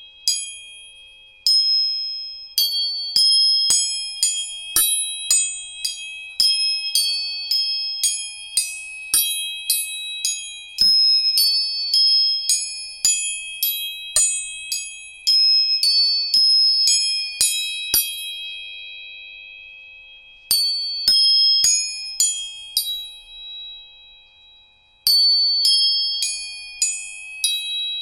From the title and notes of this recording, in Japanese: 音叉チューニング全体性。